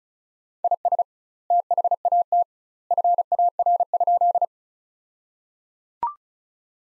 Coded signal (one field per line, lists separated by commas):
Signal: Morse code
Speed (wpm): 36 wpm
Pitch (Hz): 700 Hz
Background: none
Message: IS THAT FAR?